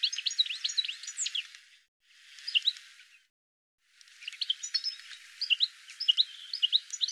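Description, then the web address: Bird chirps: bright high notes, then two short silences broken by a brief chirp, followed by renewed lively twittering. "cianscape birddata Deverinetal 2025 File cleaned normalized Bird"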